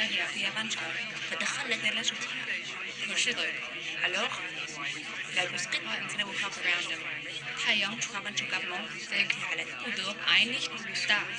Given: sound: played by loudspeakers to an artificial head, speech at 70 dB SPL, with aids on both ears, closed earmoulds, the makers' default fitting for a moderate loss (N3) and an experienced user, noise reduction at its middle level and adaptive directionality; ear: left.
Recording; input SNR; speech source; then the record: speech test signal (ISTS) in cocktail-party noise; 0 dB; in front (0 degrees)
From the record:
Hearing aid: class 2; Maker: G